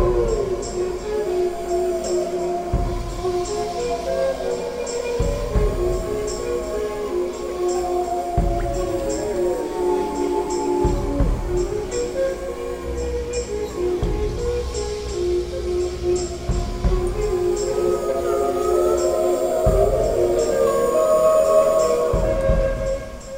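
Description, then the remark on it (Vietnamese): Several wolves howl together in long, wavering, overlapping tones that rise and fall in pitch, carried over a steady low rumble with periodic deep thumps and no speech. “Phần 3. Sói tru.”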